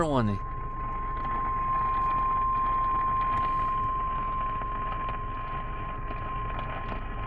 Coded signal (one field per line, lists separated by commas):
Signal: Emergency Alert System (SAME) tones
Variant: 1050 Hz attention tone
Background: speech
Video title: eas FFW Eas#345